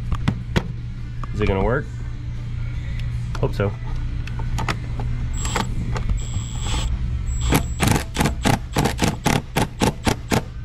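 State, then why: Not seated. On a 2016 Ford Focus 2.0, a screw is being driven into a stripped plastic thread hole in the filter housing, with a zip tie stuffed into the hole so the screw can bite. Someone talks over a steady low hum while sharp taps sound early on, followed by a rapid series of rhythmic bursts from about 7.5 seconds to the end. The screw is still being handled and nothing has seated or clicked yet.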